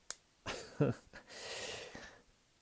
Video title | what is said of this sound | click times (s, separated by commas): Victorinox Armee Suisse Type 1909- Restoration results and comparison! | also want you to listen for snap. | 0.1 s